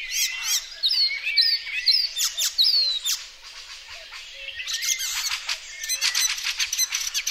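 Icterine warbler singing a rapid jumble of sharp chirps, rising whistles and harsh notes, pausing briefly midway before resuming in dense bursts.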